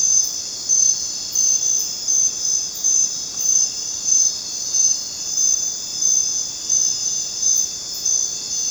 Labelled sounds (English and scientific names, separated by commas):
none